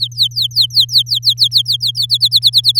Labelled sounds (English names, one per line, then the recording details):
Domestic Canary song
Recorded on 7 May 2018 at 05:58
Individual llb16